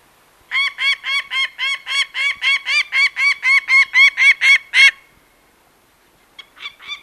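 Peregrine falcon uttering a fast, even string of many harsh, nasal kak notes, then a pause and a few fainter notes.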